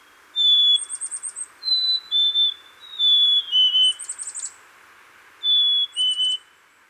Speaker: Here are some chickadees singing the phoebe song on a spring day in Minnesota.